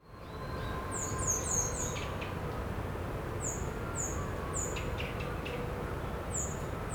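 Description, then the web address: Japanese thrush calls: thin, very high, downslurred notes repeated in loose bursts over a steady low rushing background. "bird song kurotugumi call"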